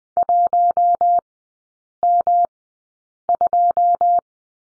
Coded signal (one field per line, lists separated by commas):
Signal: Morse code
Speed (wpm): 20 wpm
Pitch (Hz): 700 Hz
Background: none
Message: 1M2